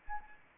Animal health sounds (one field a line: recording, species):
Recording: mosquito wingbeat signal from an infrared sensor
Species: Anopheles arabiensis